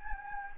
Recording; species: mosquito wingbeat signal from an infrared sensor; Anopheles gambiae